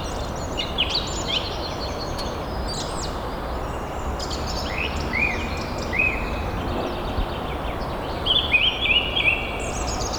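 Birds chirp and trill steadily over a constant low roar of highway traffic, with brighter calls around five seconds and near the end.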